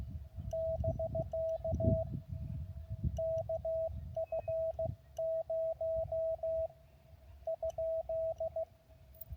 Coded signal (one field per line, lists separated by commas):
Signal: Morse code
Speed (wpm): 16 wpm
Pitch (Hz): 650 Hz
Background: radio noise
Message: <BK> KF0 ?